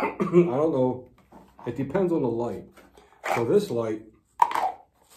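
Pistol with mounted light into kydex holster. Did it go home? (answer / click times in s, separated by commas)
yes / 4.4 s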